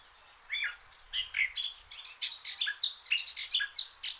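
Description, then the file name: Eurasian blackcap song: scratchy warbled notes at first, then a louder burst of quick chattering and whistled notes, with faint low rumble behind. "Sylvia atricapilla"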